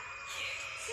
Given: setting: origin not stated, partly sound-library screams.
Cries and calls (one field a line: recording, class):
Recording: one-second piece from a danger detection set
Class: woman in danger